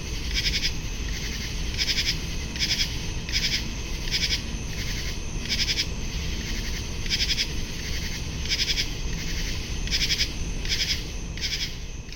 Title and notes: Many Common True Katydids singing on July 23, 2015 at 10:05PM (75 degrees)in Picnic Grove of River Towers Condos alongside of west Dyke Marsh